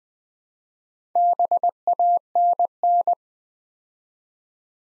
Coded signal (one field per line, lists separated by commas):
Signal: Morse code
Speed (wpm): 20 wpm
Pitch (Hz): 700 Hz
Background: none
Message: BANN